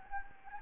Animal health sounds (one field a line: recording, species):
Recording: mosquito wingbeat signal from an infrared sensor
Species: Anopheles gambiae